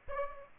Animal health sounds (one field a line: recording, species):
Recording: mosquito wingbeat signal from an infrared sensor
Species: Aedes aegypti